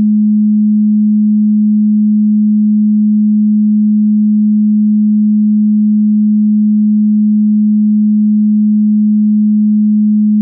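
A pure, steady sine tone at 211.44 Hz, a G#, holds for the full ten seconds without any change in pitch or loudness. It sits low in the range, smooth and unbroken, with nothing else in the background.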